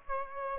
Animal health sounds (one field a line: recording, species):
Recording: mosquito wingbeat signal from an infrared sensor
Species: Aedes aegypti